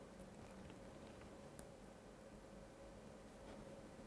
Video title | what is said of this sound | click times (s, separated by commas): [2021년 금과터 인천] 도입강연 5회 - 과학으로 확인하는 사랑, 러브미터만들기 | 이번에도 딸깍 소리가 날때까지 | 1.6 s